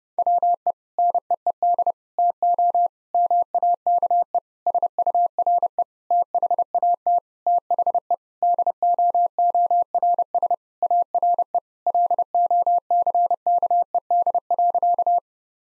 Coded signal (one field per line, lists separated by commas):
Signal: Morse code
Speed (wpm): 30 wpm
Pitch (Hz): 700 Hz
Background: none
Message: WE NEED TO MAKE SURE THAT THE DOORS ARE LOCKED.